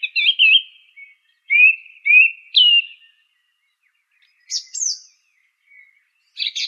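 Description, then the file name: Song thrush song: clear whistled phrases, the middle note repeated, then a pause and a few high scratchy notes. "suara kicauan burung song thrush. omkicau"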